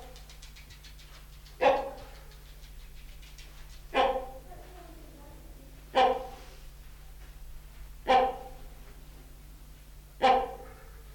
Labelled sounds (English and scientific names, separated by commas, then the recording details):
Great Hornbill (Buceros bicornis) call
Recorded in captivity
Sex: male
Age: adult
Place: Zoo Berlin, Berlin, DE
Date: 1995-04-01 11:41
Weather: bedeckt - heiter, 6 - 8°C, böiger Wind
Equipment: Marantz CP 430, Sennheiser ME 80, Kopie Uher Variocord 263
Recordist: Tembrock, Günter
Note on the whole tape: Männchen: Rufreihe. Zwischen der Hornvogelaufnahme